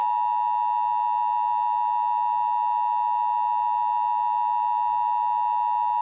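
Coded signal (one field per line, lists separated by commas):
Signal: Emergency Alert System (SAME) tones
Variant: 853 and 960 Hz attention tone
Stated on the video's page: Simulated EAS alert scenario.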